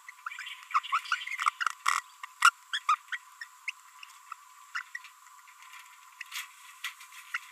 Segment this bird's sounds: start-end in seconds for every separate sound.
0.74-0.79, 0.93-0.98, 1.12-1.15, 1.86-2.00, 2.42-2.50, 2.73-2.79, 2.89-2.95, 3.12-3.17, 3.41-3.44, 3.68-3.70, 4.75-4.81, 4.95-4.97, 7.34-7.37